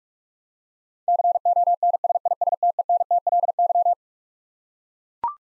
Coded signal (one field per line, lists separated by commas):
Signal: Morse code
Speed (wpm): 41 wpm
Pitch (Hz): 700 Hz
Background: none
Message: CONSISTENTLY